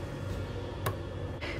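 The second spring bar of a Daniel Wellington watch strap is pressed into the metal lug holes at the other end of the watch case, and a short, sharp click at 0.9 s marks it snapping into place, with a softer, longer noise following at 1.4 s. The click confirms the spring bar is seated and the strap is attached.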